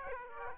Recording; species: mosquito wingbeat signal from an infrared sensor; Aedes aegypti